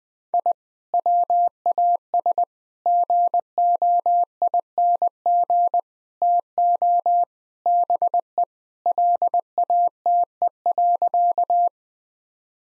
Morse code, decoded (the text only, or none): I WAS GOING TO BE LATE.